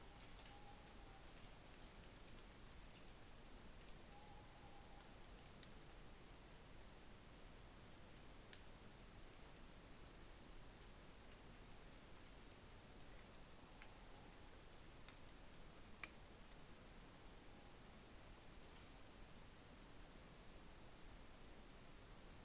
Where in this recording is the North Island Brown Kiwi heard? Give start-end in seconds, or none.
none